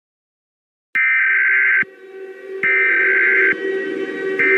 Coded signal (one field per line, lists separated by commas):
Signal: Emergency Alert System (SAME) tones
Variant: header bursts